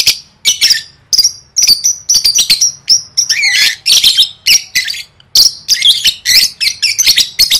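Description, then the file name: Lovebird calls: dense, shrill chirps and harsh squawks in quick bursts, nearly continuous with short pauses. "tieng vet mau don"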